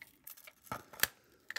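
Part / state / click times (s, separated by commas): rifle magazine into AR-15 magazine well / not seated / none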